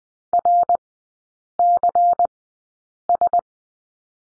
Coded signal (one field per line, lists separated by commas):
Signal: Morse code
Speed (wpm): 20 wpm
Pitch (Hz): 700 Hz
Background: none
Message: RCS